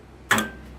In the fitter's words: 250 foot-lbs. I gave it just a little bit over after I heard it click.